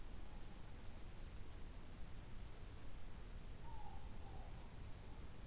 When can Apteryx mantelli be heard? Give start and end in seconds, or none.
none